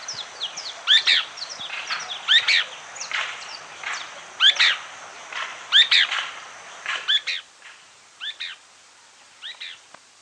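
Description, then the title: Pale-breasted spinetail song, a sharp two-part buzzy note repeated several times, with other birds' quick chirps and whistles behind it early on. Subspecies occipitalis. "LuckyPassaro Completos2Sama. Pale-breasted Spinetail (Synallaxis albescens occipitalis)"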